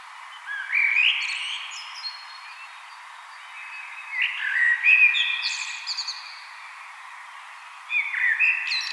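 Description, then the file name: Common blackbird song: three rich, whistled phrases a few seconds apart, the last cut off, each with a scratchy high-pitched flourish, with soft background hiss. "Turdus merula"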